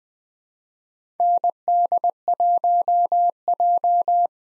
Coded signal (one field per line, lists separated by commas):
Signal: Morse code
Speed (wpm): 20 wpm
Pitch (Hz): 700 Hz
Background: none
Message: ND1J